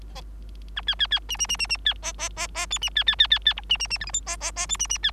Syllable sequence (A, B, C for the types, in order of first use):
A B B B C C C C C B D D D D E C B B B B B F C C C G H I D D D E C C B